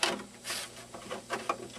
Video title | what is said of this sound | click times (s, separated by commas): ASM Lancaster Cockpit Installation Part III | one side and then the other, and then you're locked into place. | 0.0 s, 1.5 s